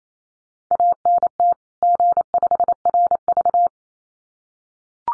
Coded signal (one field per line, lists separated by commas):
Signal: Morse code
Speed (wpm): 28 wpm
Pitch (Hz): 700 Hz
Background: none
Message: ANT G5RV